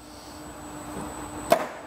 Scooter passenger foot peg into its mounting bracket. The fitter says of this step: that is fold right out and snap into place snap